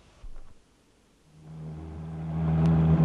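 A car engine cranks briefly, catches and settles into a low hum that steadily grows louder as the vehicle pulls away, its rising engine note droning on with no one speaking.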